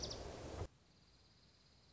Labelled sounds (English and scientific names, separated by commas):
Dark-eyed Junco (Junco hyemalis)